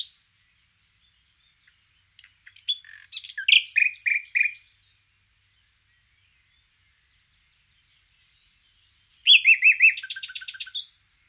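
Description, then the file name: Common nightingale singing two phrases separated by a pause, each building into loud, rapidly repeated notes and trills, with a thin high whistle between them. "Luscinia megarhynchos"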